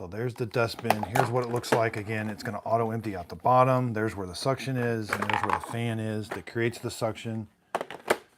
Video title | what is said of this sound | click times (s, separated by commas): Narwal freo Z Ultra Robot Vacuum & Mop Combo Review / Unboxing / First Looks So Many Features! | Push it in until it clicks. Yeah, we're done. | 7.8 s